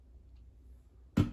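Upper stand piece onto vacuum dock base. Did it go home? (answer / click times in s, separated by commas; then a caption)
no / none. The upper part of the plastic floor-dock stand for a Samsung Jet 90 Complete stick vacuum is handled and pressed toward the top of the dock base over a quiet low hum. At about 1.2 s, a sudden loud, broadband burst of handling noise rises near the end. Nothing has seated or clicked on yet.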